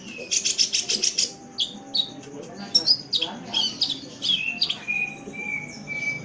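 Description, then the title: Oriental magpie-robin song with a harsh, rapid buzzy series at the start, then varied high chirps and several long, thin, level whistles toward the close. "Kicau Kacer"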